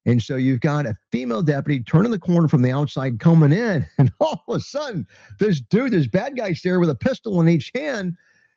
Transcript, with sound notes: And so you've got a female deputy turning the corner from the outside and coming in, (laughs) and all of a sudden, this dude, this bad guy's there with a pistol in each hand